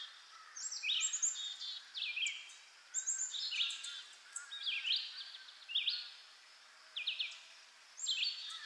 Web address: lynne-publishing Nature Ambience Birds In a Park